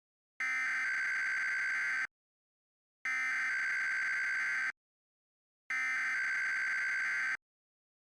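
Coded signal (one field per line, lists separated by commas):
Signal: Emergency Alert System (SAME) tones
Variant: header bursts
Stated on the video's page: Fictional mock alert.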